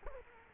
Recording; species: mosquito wingbeat signal from an infrared sensor; Culex quinquefasciatus